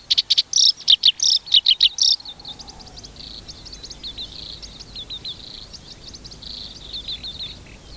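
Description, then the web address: Black-browed reed warbler song, two seconds of loud rapid chattering notes, then softer, thinner phrases of quick high notes over a steady background hiss. "sikioto. koyoshikiri"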